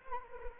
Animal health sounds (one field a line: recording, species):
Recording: mosquito wingbeat signal from an infrared sensor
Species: Anopheles arabiensis